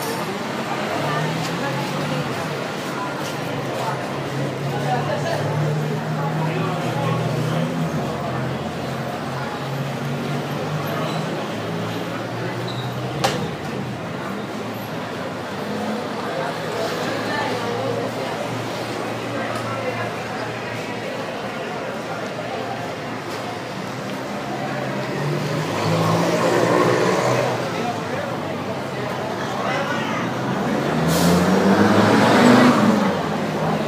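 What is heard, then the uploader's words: A busy street in central Havana, with many voices talking and calling over one another in a steady crowd murmur. Traffic passes, and near the end a vehicle grows louder. A sharp click sounds around thirteen seconds. Outside Capitolio in Centro Habana, Cuba. A street teeming with life in Centro Habana, Cuba.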